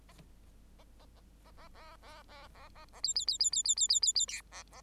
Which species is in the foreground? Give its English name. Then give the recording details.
Bengalese Finch. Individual Bird8